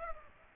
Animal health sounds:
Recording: mosquito wingbeat signal from an infrared sensor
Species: Aedes aegypti

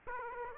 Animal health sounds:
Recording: mosquito wingbeat signal from an infrared sensor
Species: Aedes aegypti

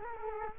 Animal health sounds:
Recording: mosquito wingbeat signal from an infrared sensor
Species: Culex quinquefasciatus

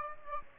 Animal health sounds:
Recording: mosquito wingbeat signal from an infrared sensor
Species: Aedes aegypti

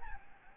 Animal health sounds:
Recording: mosquito wingbeat signal from an infrared sensor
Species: Aedes albopictus

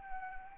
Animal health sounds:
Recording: mosquito wingbeat signal from an infrared sensor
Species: Anopheles arabiensis

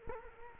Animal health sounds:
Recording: mosquito wingbeat signal from an infrared sensor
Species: Culex quinquefasciatus

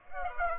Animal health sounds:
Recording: mosquito wingbeat signal from an infrared sensor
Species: Aedes aegypti

